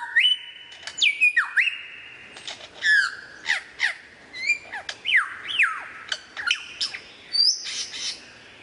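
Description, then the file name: Lyrebird song: a varied sequence of loud, clear whistles, some held steady, others sweeping up or down, mixed with short sharp clicks and chips. Song variations. "suara lyrebird variasi"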